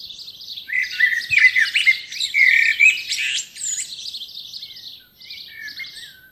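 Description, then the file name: Common blackbird giving a continuous stream of rapid, squeaky twittering notes, softer in the second half, with a few thin whistled notes. "Turdus merula"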